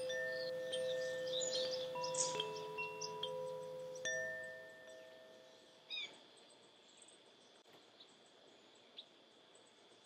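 Wind chimes ring in overlapping clusters over the first four seconds, with strikes near two and four seconds, then their clear tones slowly fade away. After that only a soft steady hiss remains, broken by a brief bright rustle near six seconds and a faint tick near nine.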